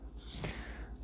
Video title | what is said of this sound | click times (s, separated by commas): Kangen K8 Cleaning - step by step | and then squeeze it all the way until it clicks | 0.4 s